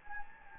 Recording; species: mosquito wingbeat signal from an infrared sensor; Anopheles gambiae